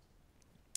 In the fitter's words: so let's get back to basting my lucy has a channel lock you maybe heard that little click